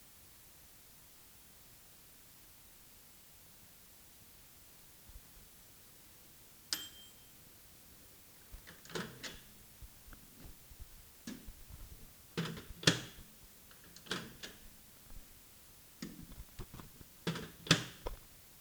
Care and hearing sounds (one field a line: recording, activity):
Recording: daily activity, guitar pickup as the sensor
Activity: use microwave